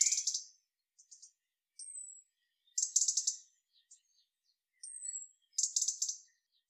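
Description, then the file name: European robin song of fast, glittering high trills alternating with drawn-out, thin descending whistles, phrases spaced a second or two apart. "Erithacus rubecula"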